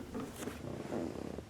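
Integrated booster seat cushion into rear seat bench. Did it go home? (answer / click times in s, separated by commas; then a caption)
no / none. The integrated booster seat cushion in the rear seat bench of a 2018 Volvo XC90 T6 is handled by its pull handle for 1.5 seconds, giving soft, steady rustling and shuffling with low-mid rumble and no sharp hits. Nothing has seated or clicked yet; the clip ends before the cushion snaps into its raised position.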